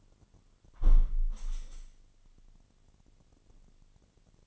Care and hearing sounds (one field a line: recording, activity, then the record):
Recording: daily activity, microphone in the room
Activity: close window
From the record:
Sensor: 4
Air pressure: 998.8 hPa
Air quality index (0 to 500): 111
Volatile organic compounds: 2 ppm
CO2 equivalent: 1090 ppm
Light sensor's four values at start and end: 10/24/9/10 and 10/24/9/10